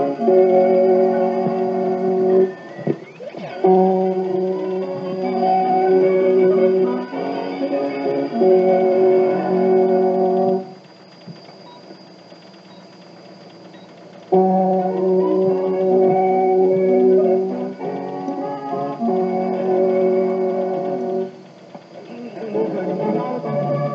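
An interval signal plays as a simple tune of held, organ-like notes, each ringing steadily before stepping to the next. Phrases break off briefly near 3 seconds, pause from about 11 to 14 seconds, and again near 22. A thin, steady high whine runs throughout.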